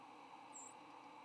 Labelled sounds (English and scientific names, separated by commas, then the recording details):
White-throated Sparrow (Zonotrichia albicollis) flight call
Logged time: 08:56 on 8 November 2014